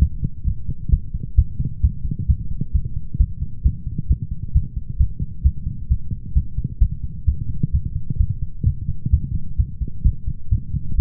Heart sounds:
heart sounds by stethoscope; 131 bpm
0.45 s: heartbeat
0.91 s: heartbeat
1.36 s: heartbeat
1.82 s: heartbeat
2.27 s: heartbeat
2.73 s: heartbeat
3.18 s: heartbeat
3.63 s: heartbeat
4.08 s: heartbeat
4.53 s: heartbeat
4.98 s: heartbeat
5.43 s: heartbeat
5.88 s: heartbeat
6.34 s: heartbeat
6.80 s: heartbeat
7.26 s: heartbeat
7.72 s: heartbeat
8.18 s: heartbeat
8.64 s: heartbeat
9.11 s: heartbeat
9.57 s: heartbeat
10.04 s: heartbeat
10.50 s: heartbeat
10.96 s: heartbeat
From the record:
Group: healthy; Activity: light exercise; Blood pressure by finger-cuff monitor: 169/94 mmHg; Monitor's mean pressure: 113 mmHg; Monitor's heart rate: 132 bpm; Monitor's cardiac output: 12.3 L/min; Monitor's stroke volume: 93 mL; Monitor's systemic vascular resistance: 680 dyn s/cm5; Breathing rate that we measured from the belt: 33 breaths a minute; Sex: male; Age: 24 years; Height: 184 cm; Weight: 89 kg

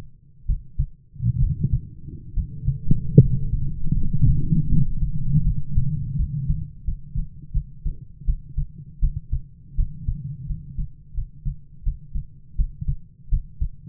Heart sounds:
heart sounds by stethoscope; 79 bpm
0.45 s: heartbeat
1.38 s: heartbeat
2.33 s: heartbeat
3.18 s: heartbeat
3.92 s: heartbeat
4.68 s: heartbeat
5.42 s: heartbeat
6.15 s: heartbeat
6.84 s: heartbeat
7.52 s: heartbeat
8.24 s: heartbeat
8.99 s: heartbeat
9.75 s: heartbeat
10.46 s: heartbeat
11.13 s: heartbeat
11.82 s: heartbeat
12.55 s: heartbeat
13.28 s: heartbeat
From the record:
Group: healthy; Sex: male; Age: 22 years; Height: 185 cm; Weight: 112.4 kg

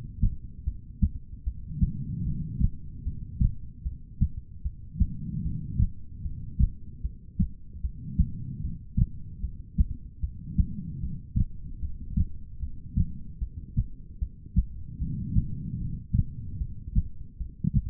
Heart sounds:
heart sounds by stethoscope; 75 bpm
0.64 s: heartbeat
1.44 s: heartbeat
2.24 s: heartbeat
3.03 s: heartbeat
3.83 s: heartbeat
4.63 s: heartbeat
5.42 s: heartbeat
6.22 s: heartbeat
7.02 s: heartbeat
7.81 s: heartbeat
8.61 s: heartbeat
9.41 s: heartbeat
10.20 s: heartbeat
11.00 s: heartbeat
11.80 s: heartbeat
12.60 s: heartbeat
13.39 s: heartbeat
14.19 s: heartbeat
14.98 s: heartbeat
15.78 s: heartbeat
16.58 s: heartbeat
17.38 s: heartbeat
From the record:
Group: heart failure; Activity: rest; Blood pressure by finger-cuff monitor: 109/80 mmHg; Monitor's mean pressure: 91 mmHg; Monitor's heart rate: 76 bpm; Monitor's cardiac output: 4.5 L/min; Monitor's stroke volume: 60 mL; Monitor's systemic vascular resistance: 1480 dyn s/cm5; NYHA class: 2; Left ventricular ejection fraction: 58%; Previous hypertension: present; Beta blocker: bisoprolol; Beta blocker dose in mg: 5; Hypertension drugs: ramipril, spironolactone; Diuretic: furosemide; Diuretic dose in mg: 160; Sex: female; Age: 55 years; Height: 155 cm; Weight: 67 kg

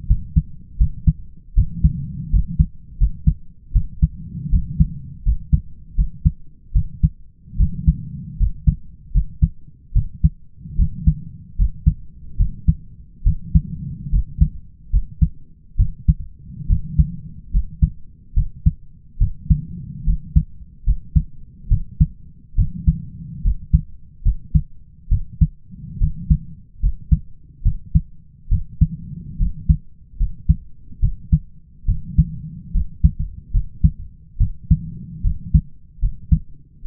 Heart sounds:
heart sounds by stethoscope; 73 bpm
0.08 s: heartbeat
0.78 s: heartbeat
1.55 s: heartbeat
2.31 s: heartbeat
2.98 s: heartbeat
3.73 s: heartbeat
4.50 s: heartbeat
5.24 s: heartbeat
5.96 s: heartbeat
6.73 s: heartbeat
7.58 s: heartbeat
8.38 s: heartbeat
9.12 s: heartbeat
9.93 s: heartbeat
10.76 s: heartbeat
11.56 s: heartbeat
12.37 s: heartbeat
13.24 s: heartbeat
14.10 s: heartbeat
14.91 s: heartbeat
15.77 s: heartbeat
16.67 s: heartbeat
17.51 s: heartbeat
18.34 s: heartbeat
19.18 s: heartbeat
20.04 s: heartbeat
20.84 s: heartbeat
21.69 s: heartbeat
22.56 s: heartbeat
23.42 s: heartbeat
24.23 s: heartbeat
25.09 s: heartbeat
25.98 s: heartbeat
26.80 s: heartbeat
27.63 s: heartbeat
28.49 s: heartbeat
29.37 s: heartbeat
30.17 s: heartbeat
31.00 s: heartbeat
31.86 s: heartbeat
32.72 s: heartbeat
33.51 s: heartbeat
34.38 s: heartbeat
35.22 s: heartbeat
36.00 s: heartbeat
36.84 s: heartbeat
From the record:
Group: healthy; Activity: rest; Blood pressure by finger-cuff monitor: 114/63 mmHg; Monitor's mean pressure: 74 mmHg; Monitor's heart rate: 74 bpm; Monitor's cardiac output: 5.5 L/min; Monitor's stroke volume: 77 mL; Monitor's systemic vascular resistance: 950 dyn s/cm5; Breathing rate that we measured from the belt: 20 breaths a minute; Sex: male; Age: 20 years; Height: 167 cm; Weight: 61 kg

